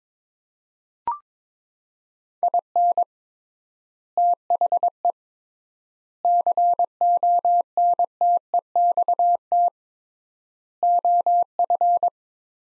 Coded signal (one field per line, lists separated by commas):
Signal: Morse code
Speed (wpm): 22 wpm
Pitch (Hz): 700 Hz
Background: none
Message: IN THE CONTEXT OF